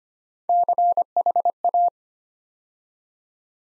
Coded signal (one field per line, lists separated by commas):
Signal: Morse code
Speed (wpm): 25 wpm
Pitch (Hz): 700 Hz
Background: none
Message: CHA